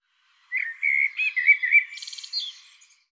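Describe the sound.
Bird giving a short song: a series of quick warbled chirps followed by a high buzzy trill, then fading out.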